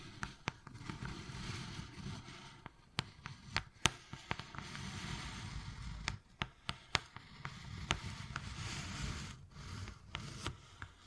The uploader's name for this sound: Wood Carving, Tapping and Scratching Sounds